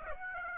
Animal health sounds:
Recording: mosquito wingbeat signal from an infrared sensor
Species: Aedes aegypti

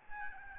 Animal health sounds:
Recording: mosquito wingbeat signal from an infrared sensor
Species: Aedes albopictus

